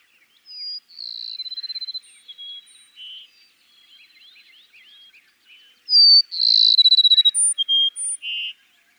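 Cassin's sparrow sings twice, each a high whistle running into a rapid trill and ending in separate lower notes.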